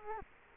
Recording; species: mosquito wingbeat signal from an infrared sensor; Culex quinquefasciatus